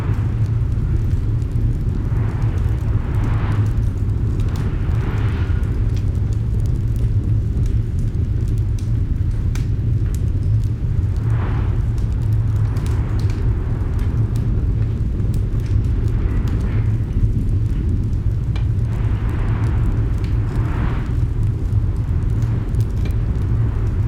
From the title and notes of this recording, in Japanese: 嵐の中の居心地の良いキャビン | ASMRの轟音暖炉の雰囲気。大きなウールのラグと、今まで聞いた中で最も壮大で轟音の火が装飾された居心地の良いキャビンから録音されました。外では嵐が激しく、風が家に叩きつけ、基礎を揺るがす脅威を与えています。パチパチと燃える炎と遠くで悲鳴を上げる風が混ざり合い。